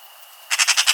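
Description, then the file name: Eurasian magpie chattering, a rapid run of several harsh, rasping notes after a moment of quiet. "Pica pica"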